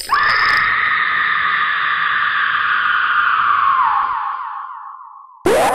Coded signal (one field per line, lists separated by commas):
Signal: SSTV (slow-scan television)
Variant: Robot 72